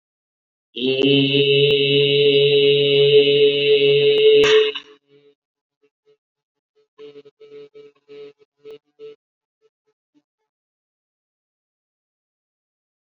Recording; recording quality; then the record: sustained vowel as in made; excellent, no background noise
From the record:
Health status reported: COVID-19 positive, no symptoms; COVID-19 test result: positive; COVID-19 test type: RT-PCR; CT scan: not taken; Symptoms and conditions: another respiratory illness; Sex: male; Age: 45 years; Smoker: yes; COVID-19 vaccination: both doses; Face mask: worn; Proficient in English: no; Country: India